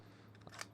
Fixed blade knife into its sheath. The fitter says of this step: nice positive click so it it's just fitted very well